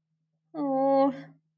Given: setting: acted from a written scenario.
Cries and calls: vocal sound without words; disappointment

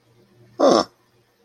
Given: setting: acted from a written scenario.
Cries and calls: vocal sound without words; realization

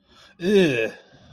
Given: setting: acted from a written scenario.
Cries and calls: vocal sound without words; disgust

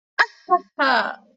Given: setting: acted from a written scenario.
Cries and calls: vocal sound without words; triumph

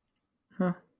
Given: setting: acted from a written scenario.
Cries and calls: vocal sound without words; neutral

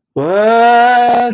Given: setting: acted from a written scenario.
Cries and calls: vocal sound without words; awe

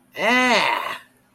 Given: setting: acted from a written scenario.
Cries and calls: vocal sound without words; distress

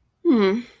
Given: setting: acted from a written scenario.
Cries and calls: vocal sound without words; shame

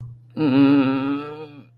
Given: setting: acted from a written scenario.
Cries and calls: vocal sound without words; embarrassment

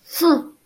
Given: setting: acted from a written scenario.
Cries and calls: vocal sound without words; disappointment

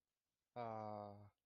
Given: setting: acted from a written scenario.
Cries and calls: vocal sound without words; adoration

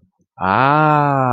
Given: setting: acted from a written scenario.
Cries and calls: vocal sound without words; realization

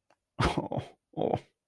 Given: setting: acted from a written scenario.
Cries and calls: vocal sound without words; shame

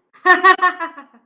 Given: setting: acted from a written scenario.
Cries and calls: vocal sound without words; positive surprise

